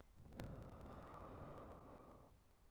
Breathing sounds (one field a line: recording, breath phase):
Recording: one breath near a microphone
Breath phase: exhalation